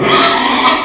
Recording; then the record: squeal of a Yucatan mini pig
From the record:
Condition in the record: before surgery on the right vocal fold (resection and tissue-engineered implant); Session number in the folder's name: 2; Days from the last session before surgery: 0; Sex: male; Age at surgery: 12 weeks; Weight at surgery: 13 kg